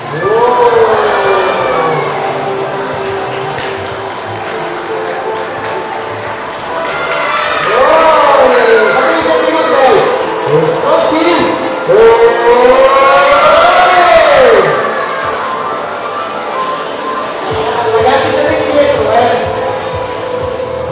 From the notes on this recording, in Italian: Casino durante un laboratorio di bolle di sapone e di alienazione, in un centro commerciale